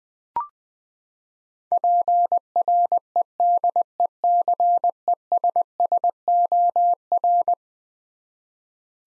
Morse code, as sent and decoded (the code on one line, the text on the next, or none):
.--. .-. . -.. . -.-. . ... ... --- .-.
PREDECESSOR